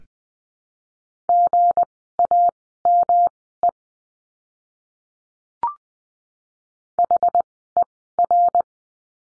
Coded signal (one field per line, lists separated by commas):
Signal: Morse code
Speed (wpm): 20 wpm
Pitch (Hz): 700 Hz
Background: none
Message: GAME HER